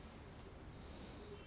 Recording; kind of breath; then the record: one breath in and out by a microphone near the nose and mouth; normal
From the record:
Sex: male